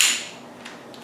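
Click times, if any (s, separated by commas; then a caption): 0.0 s. An air hose plug is pushed into a two-click push-button safety quick coupler, and a sharp, bright metallic click at 0.0 s marks the second click as it seats fully home. The click decays over about a quarter second, followed by two faint ticks near 0.7 s and 0.9 s. The coupler is connected and supplies air.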